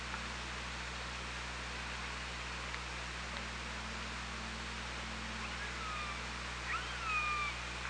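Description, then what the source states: Killer whale call: a short harmonic tone near the end, with a fainter one just before it, over constant underwater hiss and low hum. Recorded on the OrcaLab hydrophone on 24 August 2017 at 16:01:42.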